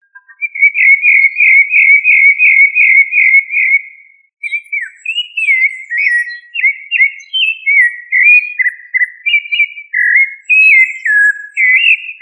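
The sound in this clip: Thrush song: a fast series of identical rippling whistled notes, a short pause, then varied clear whistled phrases, rising and falling, in quick succession.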